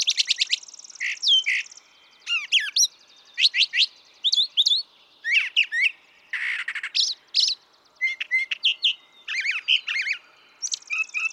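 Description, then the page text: Brown thrasher song made of a long stream of varied phrases, many repeated twice, with sharp downslurred whistles, scratchy bursts and a coarse harsh note partway through. Same male in a long song sequence, part of three and a quarter hours recorded from him; his repertoire estimated at about 1300 songs. "Birdsong for the Curious Naturalist. Brown thrasher"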